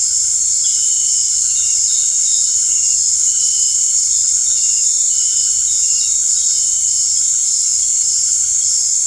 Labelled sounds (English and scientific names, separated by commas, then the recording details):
none
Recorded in dense forest near Puerto Asís, Putumayo, Colombia, on 13 March 2025 at 18:30
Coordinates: 0.485, -76.318
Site G056